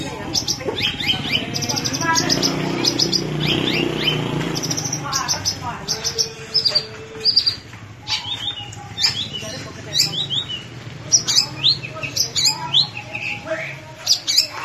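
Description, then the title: Long-tailed shrike song, a jumble of harsh chatter, thin whistles and clicking notes in quick succession over a low rumbling background during the first seconds. Song in the style called kombinasi, meaning combination. "Cendet Kombinasi"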